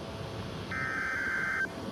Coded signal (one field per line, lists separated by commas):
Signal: Emergency Alert System (SAME) tones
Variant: header bursts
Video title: EAS- Wednesday Weekly Tests (1/14/26)